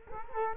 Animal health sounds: mosquito wingbeat signal from an infrared sensor; Culex quinquefasciatus

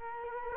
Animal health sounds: mosquito wingbeat signal from an infrared sensor; Culex quinquefasciatus

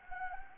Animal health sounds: mosquito wingbeat signal from an infrared sensor; Anopheles gambiae

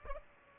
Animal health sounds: mosquito wingbeat signal from an infrared sensor; Aedes albopictus

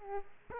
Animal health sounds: mosquito wingbeat signal from an infrared sensor; Aedes aegypti

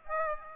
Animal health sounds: mosquito wingbeat signal from an infrared sensor; Aedes aegypti

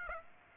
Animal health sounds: mosquito wingbeat signal from an infrared sensor; Aedes aegypti

